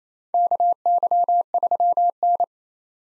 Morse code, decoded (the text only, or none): KY3N